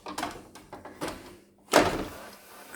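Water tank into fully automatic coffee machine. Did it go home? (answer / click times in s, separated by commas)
yes / 0.2 s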